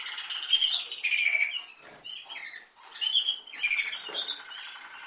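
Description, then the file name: Canary song: bright rolling trills and chattering phrases high in pitch, broken by a short pause near the middle before the trilling resumes. "Canary Voice"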